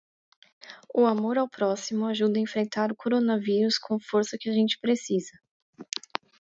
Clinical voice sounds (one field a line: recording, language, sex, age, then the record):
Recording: spoken sentence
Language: Brazilian Portuguese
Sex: female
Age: 30 to 39 years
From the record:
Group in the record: control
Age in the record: 34 years